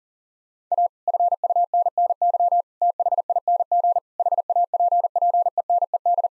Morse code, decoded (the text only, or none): A FUNNY THING HAPPENED